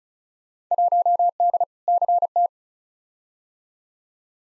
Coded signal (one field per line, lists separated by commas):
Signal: Morse code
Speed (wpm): 36 wpm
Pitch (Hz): 700 Hz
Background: none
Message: 1D CT